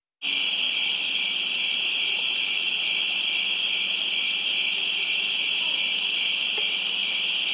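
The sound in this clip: Crickets in a steady, dense, high trill that runs without a break, with a few faint clicks.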